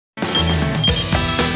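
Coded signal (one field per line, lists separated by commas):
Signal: none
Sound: news show intro music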